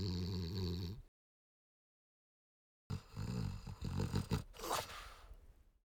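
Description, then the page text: French Bulldog snorts: a short low rasping burst, a pause, then a longer run of raspy snuffles ending in sharper, noisy huffs. "French Bulldog Snort Short. Quick Sounds"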